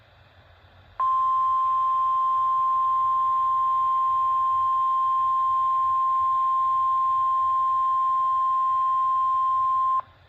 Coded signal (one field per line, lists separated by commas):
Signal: Emergency Alert System (SAME) tones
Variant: 1050 Hz attention tone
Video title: July 31st, 2024 Required Weekly Test for the KZZ41 listening area - EAS 9.